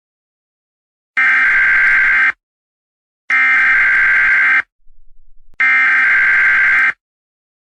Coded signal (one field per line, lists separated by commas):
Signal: Emergency Alert System (SAME) tones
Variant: header bursts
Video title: EAS Scenario Zombie Eaters (please do not watch this, it's terrible.)